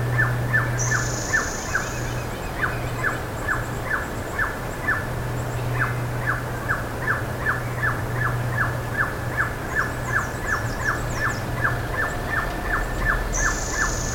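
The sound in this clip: Bird calls: evenly spaced sharp downward notes repeated a few times a second, with occasional high drawn-out whistles and twitters above a low rumbling hum.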